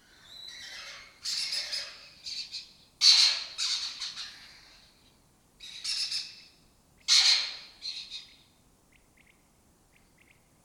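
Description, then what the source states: Lesser kestrel calls, harsh rasping bursts high in pitch, several overlapping calls in clusters separated by short pauses, quiet between groups. Colony breeding in an abandoned building complex in Doñana, southern Europe; migratory species foraging in West Africa.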